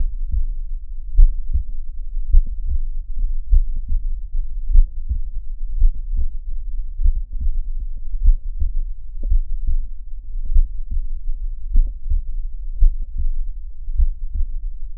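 Adult heart heard through a stethoscope: heart sounds in mitral valve prolapse, with a protodiastolic (early diastolic) finding.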